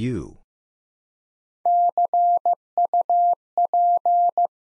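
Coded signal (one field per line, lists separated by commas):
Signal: Morse code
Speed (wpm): 15 wpm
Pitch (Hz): 700 Hz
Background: none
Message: CUP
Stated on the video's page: Morse practice at 15 wpm: three-letter words sent one letter at a time, a beginner word-building drill for instant character recognition.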